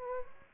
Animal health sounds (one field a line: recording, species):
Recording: mosquito wingbeat signal from an infrared sensor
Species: Aedes aegypti